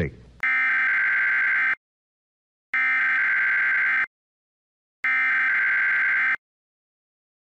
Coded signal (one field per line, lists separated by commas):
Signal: Emergency Alert System (SAME) tones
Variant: header bursts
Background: speech